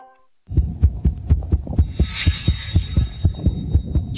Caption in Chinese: 心跳声也跳得太快了，而且有点杂乱无序。